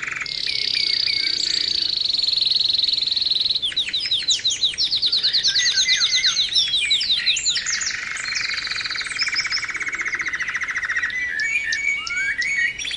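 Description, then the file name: Canary song moving through a high sustained roll, rapid sweeping trills, a lower buzzy tour and varied chattering notes. Canary training song (kenari terapi), posted October 2013. "kenari terapi omkicau"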